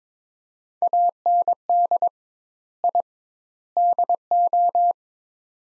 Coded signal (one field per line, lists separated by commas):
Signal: Morse code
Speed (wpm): 22 wpm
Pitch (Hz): 700 Hz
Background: none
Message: AND I DO